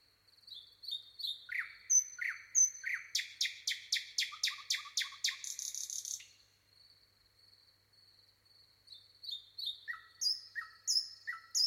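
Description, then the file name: Common nightingale song: high whistles, then a loud series of repeated clicking notes for about three seconds, a quiet gap, and more whistled phrases. "Luscinia megarhynchos"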